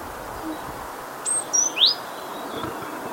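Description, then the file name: Great tit call: a single thin high whistle, a shorter lower note, then a quick bright sweep, against a noticeable background hiss. "Parus major"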